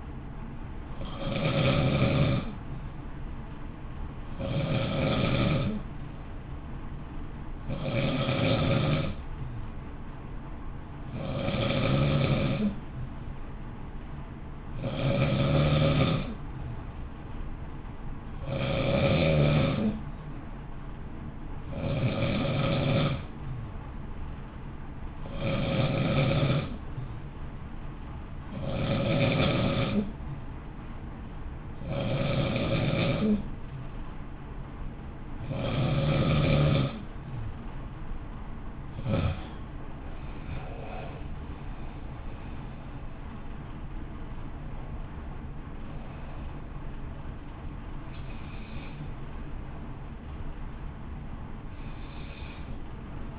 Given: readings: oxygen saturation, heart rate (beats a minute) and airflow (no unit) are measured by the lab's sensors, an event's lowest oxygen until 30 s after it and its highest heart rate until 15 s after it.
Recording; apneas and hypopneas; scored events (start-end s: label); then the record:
breathing in sleep by a smartphone at the bedside; none
41.00-53.39 s: new sleep stage, N1 (lightest sleep)
From the record:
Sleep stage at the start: N2 (light sleep); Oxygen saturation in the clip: 91 to 92%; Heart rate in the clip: 54 to 65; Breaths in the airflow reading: 19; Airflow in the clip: -1.1 to 1.5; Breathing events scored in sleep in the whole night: 328 in 6.3 hours asleep